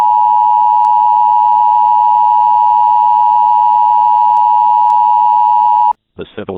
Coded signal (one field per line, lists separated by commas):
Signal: Emergency Alert System (SAME) tones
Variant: 853 and 960 Hz attention tone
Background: speech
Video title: Vernshot - An EAS Mock Scenario